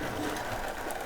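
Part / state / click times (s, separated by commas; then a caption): back shoulder armor piece onto the shoulder of a plastic model kit arm / not seated / none. The back half of the shoulder armor on an MG Turn A Gundam plastic model kit is handled as it is fitted to peg onto the top of the shoulder, where it locks the flimsy front joint in place. Only a steady, even background hiss is heard with no sharp transients. Nothing has seated or clicked yet.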